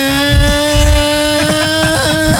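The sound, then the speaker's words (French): A voice imitates a scooter engine with a loud, steady buzzing drone that holds one pitch for a couple of seconds, with a slight wobble near the end and a low rumble underneath. “Tu vois, c'est quand ta maman il imite un scooter quoi, tu vois, c'est ça son problème.”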